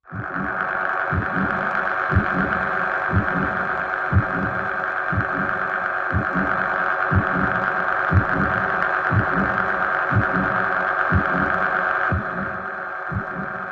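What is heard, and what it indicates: Regular low thumps at about 60 a minute over a steady mechanical hum, like a machine pumping in a heartbeat rhythm. It is a sound effect of a heart pump machine, and the hum drops slightly near the end.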